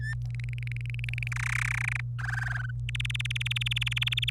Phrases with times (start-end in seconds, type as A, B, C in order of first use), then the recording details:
0.00-0.14 A, 0.35-1.28 B, 1.32-2.00 C, 2.19-2.71 D, 2.89-4.30 E. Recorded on 25 April 2018 at 17:50. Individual llb3